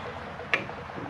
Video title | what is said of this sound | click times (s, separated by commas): '86 Ford Ranger 4x4 Axles and Hubs - Diesel Ranger - Man About Home | You can hear it click in. | 0.5 s